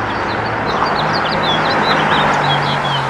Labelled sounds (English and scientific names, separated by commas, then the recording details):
House Finch (Haemorhous mexicanus) song
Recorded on Long Island, New York, on 1 June 2012
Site JH
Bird D